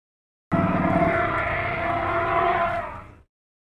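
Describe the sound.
African elephant letting out a harsh, blaring trumpet, sustained for nearly three seconds with a rough, raspy edge before cutting off.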